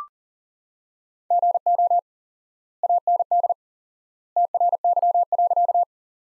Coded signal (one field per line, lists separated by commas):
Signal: Morse code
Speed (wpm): 40 wpm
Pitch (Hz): 700 Hz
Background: none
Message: GO AND TRY.